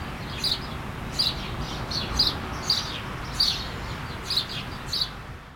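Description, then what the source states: Bird giving several bright, high chirps in a loose series against a steady rushing noise. At the coast.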